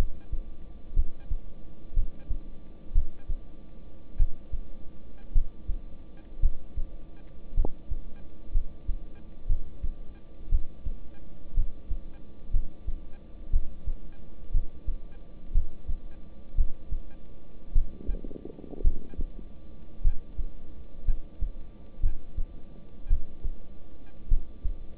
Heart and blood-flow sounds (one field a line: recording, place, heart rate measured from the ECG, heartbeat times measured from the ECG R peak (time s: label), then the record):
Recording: heart sounds by stethoscope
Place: between the tricuspid and mitral areas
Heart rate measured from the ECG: 57 bpm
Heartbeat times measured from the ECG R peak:
0.94 s: heartbeat
1.94 s: heartbeat
2.93 s: heartbeat
4.17 s: heartbeat
5.32 s: heartbeat
6.40 s: heartbeat
7.55 s: heartbeat
8.52 s: heartbeat
9.47 s: heartbeat
10.50 s: heartbeat
11.55 s: heartbeat
12.51 s: heartbeat
13.51 s: heartbeat
14.52 s: heartbeat
15.52 s: heartbeat
16.56 s: heartbeat
17.73 s: heartbeat
18.82 s: heartbeat
20.02 s: heartbeat
21.05 s: heartbeat
22.01 s: heartbeat
23.08 s: heartbeat
24.28 s: heartbeat
From the record:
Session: rest, lying down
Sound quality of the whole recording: good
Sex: male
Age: 26 years